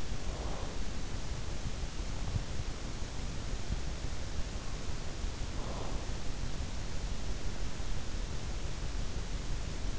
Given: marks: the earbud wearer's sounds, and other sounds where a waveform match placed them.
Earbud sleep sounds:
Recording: sounds in sleep by an in-ear microphone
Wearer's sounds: breath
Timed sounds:
0.00-0.96 s: breath
5.39-6.20 s: breath

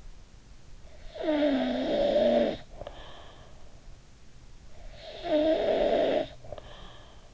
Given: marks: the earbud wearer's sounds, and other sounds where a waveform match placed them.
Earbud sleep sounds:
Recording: sounds in sleep by an in-ear microphone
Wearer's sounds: snoring breath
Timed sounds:
0.60-3.88 s: snoring breath
4.45-7.34 s: snoring breath

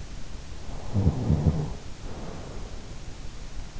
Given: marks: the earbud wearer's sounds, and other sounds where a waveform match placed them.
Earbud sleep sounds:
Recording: sounds in sleep by an in-ear microphone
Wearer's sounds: snoring breath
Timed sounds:
0.82-3.09 s: snoring breath

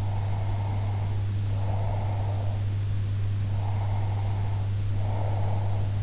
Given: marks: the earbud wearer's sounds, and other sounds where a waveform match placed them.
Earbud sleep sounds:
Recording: sounds in sleep by an in-ear microphone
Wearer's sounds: breath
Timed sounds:
0.00-2.57 s: breath
3.51-5.80 s: breath

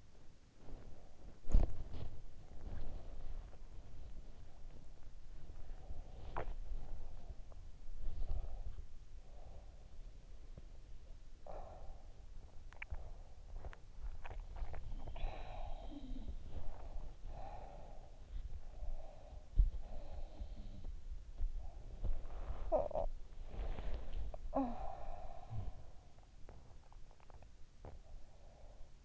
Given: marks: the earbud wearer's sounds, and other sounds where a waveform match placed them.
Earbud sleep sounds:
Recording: sounds in sleep by an in-ear microphone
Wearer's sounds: body movement, teeth grinding, breath, talking in sleep, swallowing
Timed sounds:
0.00-28.25 s: body movement
5.38-9.15 s: sound from someone else or the room
10.25-13.05 s: sound from someone else or the room
12.58-14.95 s: teeth grinding
14.41-16.82 s: sound from someone else or the room
16.29-18.34 s: breath
18.51-20.61 s: breath
19.58-21.19 s: sound from someone else or the room
21.69-27.21 s: sound from someone else or the room
22.53-23.24 s: talking in sleep
24.40-26.10 s: talking in sleep
27.66-28.15 s: swallowing
28.10-29.05 s: breath

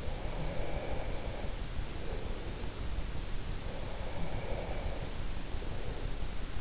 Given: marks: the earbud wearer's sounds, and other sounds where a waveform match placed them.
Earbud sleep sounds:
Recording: sounds in sleep by an in-ear microphone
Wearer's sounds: breath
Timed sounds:
0.00-2.84 s: breath
3.61-6.46 s: breath

